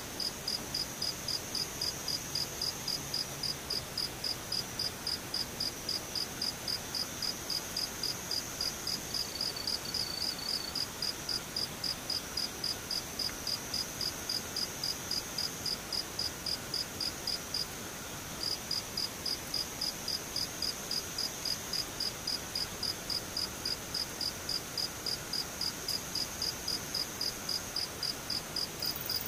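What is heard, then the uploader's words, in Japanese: A chorus of insects chirps without pause, led by a fast, regular, high-pitched trill that pulses evenly throughout. Fainter buzzing voices sit around it, and the trill drops out briefly near eighteen seconds before resuming at the same steady pace. ムシ合唱。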